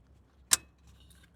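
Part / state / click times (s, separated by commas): key blade into replacement key fob housing / seated / 0.5 s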